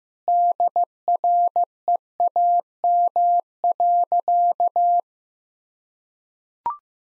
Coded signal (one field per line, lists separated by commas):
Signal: Morse code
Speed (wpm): 15 wpm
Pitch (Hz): 700 Hz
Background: none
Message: DREAM.